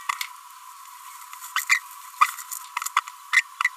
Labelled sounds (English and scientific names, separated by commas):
Green-rumped Parrotlet (Forpus passerinus) babbling